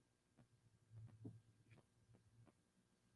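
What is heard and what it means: A cutting blade holder is handled beside the carriage of a craft cutting machine, with a steady low hum and a series of soft, muffled knocks and rustles from about 0.4 to 2.5 seconds. The holder has not yet seated or snapped into place in the carriage.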